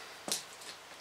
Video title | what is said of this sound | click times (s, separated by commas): 2006 Hummer H3 3.5 5cyl- Head - Front Cover - Oil Pump Torqued - Part 6 | done these two right here are 13 ft lbs or 156 inch pounds we did get a click there okay that's good we'll mark | 0.3 s